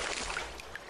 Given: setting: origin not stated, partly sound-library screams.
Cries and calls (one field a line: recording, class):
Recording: one-second piece from a danger detection set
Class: normal situation